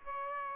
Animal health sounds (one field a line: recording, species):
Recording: mosquito wingbeat signal from an infrared sensor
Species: Aedes aegypti